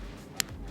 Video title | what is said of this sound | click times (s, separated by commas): Splendide Dryer Repair Hack🔧RV Dryer Not Heating 🚐💨Sunday Solution | There we go. Did you hear that snap? | 0.4 s